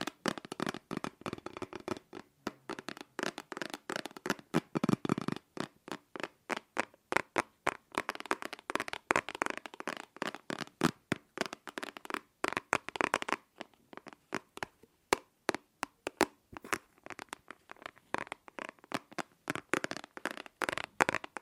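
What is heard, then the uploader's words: Fingers tap on several objects, sometimes in quick rattling bursts and sometimes in slower, spaced-out knocks, for the whole stretch. The taps are sharp and bright with a hollow knock beneath them, varying in tone as different surfaces are struck. ASMR Fast & Slow Tapping on 6 Objects No Talking.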